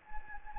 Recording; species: mosquito wingbeat signal from an infrared sensor; Anopheles gambiae